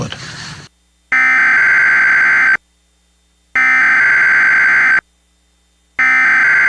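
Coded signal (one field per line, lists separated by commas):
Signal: Emergency Alert System (SAME) tones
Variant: header bursts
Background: speech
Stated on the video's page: Recreated mock tornado warning with valid tones, shown as relayed from EMNet on a TV station and cable box.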